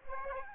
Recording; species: mosquito wingbeat signal from an infrared sensor; Aedes aegypti